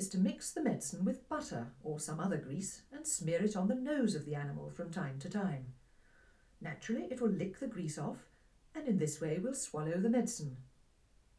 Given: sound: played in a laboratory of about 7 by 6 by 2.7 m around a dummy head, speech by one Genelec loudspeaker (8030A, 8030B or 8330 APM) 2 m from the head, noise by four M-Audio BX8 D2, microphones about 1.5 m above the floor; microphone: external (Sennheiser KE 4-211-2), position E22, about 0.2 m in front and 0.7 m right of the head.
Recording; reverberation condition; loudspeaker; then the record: female speech in English; low; 90 degrees to the left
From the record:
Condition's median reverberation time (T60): about 310 ms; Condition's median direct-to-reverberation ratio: about 3.5 dB